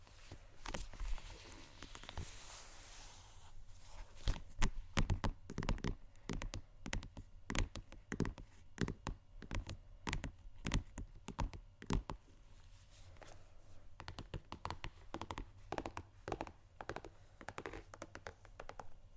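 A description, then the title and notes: Shoes scratch and tap in quick, irregular bursts, with sharp clicks clustering densely mid-clip and a scraping hiss near the start. ASMR Shoes Scratching & Tapping（No Talking）.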